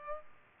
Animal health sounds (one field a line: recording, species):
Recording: mosquito wingbeat signal from an infrared sensor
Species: Culex pipiens